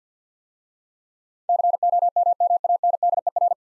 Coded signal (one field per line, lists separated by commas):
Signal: Morse code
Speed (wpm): 50 wpm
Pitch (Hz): 700 Hz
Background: none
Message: COMMANDER